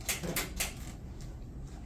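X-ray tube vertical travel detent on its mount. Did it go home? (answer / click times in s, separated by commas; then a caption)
no / none. An X-ray tube is raised vertically on its mount after being set too low, its vertical travel detent meant to lock at about 40 inches. Sharp mechanical clunks ring out near 0.1 s and 0.6 s, with another between them, then the sound settles into low background noise. Nothing has seated or locked into place yet.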